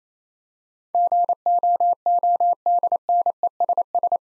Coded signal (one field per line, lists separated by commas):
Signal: Morse code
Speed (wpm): 28 wpm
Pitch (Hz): 700 Hz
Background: none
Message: GOODNESS